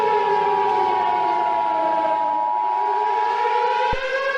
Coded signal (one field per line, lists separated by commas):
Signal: Emergency Alert System (SAME) tones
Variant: 853 and 960 Hz attention tone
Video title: Nature of Distortion|An original EAS scenario